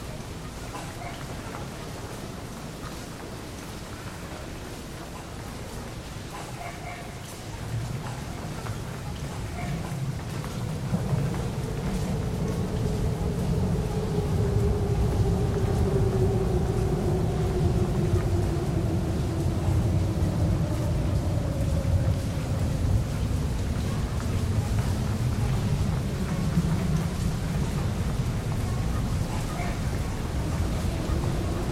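A field recording from Saint Petersburg, with a constant hiss over a deep, grainy rumble that swells after about eight seconds and stays loud. From roughly 11 to 25 seconds a humming tone slides slowly downward, like a passing vehicle or aircraft.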